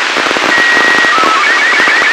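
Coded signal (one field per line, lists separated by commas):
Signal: SSTV (slow-scan television)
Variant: Robot 36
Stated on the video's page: SSTV signals received from amateur radio satellite ARISSAT-1 during a full pass, weaker at the start and end and stronger near peak elevation.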